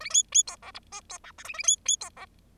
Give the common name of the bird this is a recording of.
Bengalese Finch